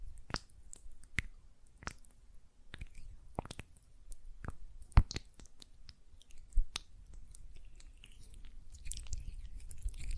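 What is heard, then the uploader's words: Wet, sticky gel lotion sounds from hands, with sharp clicks and squelches every half second or so over a low rumble, busier near the end. ASMR Gel Lotion Hand Sounds (No Talking).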